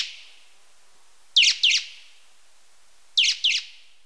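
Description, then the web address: Beautiful jay calls: two harsh doubled notes, each a pair of rasping bursts, spaced about two seconds apart against a quiet background. Recorded in Ecuador. "Birds of Ecuador Beautiful Jay"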